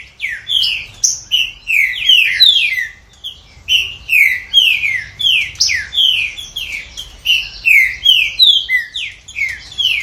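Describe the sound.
Green-winged saltator delivering energetic phrases of rapid descending whistles, a short pause, then more of the same pattern.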